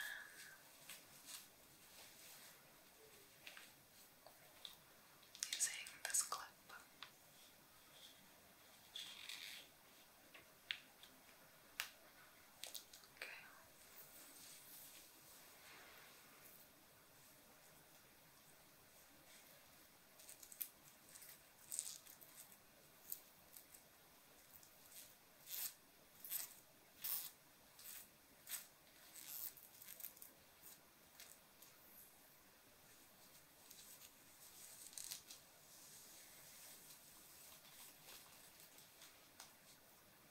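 Jewelry tracing, hair sounds and fabric scratches come as short, bright, crisp scrapes and rustles over a very quiet background. They arrive in irregular bursts, busiest around six seconds, between twenty and thirty seconds, and again near thirty-five, with brief pauses between.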